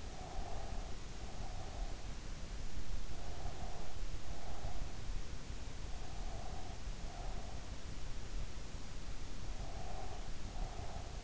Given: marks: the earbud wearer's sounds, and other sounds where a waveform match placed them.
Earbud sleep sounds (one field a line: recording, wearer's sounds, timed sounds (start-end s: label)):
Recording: sounds in sleep by an in-ear microphone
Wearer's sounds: breath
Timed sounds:
0.00-2.23 s: breath
3.25-5.06 s: breath
6.18-7.80 s: breath
9.52-11.23 s: breath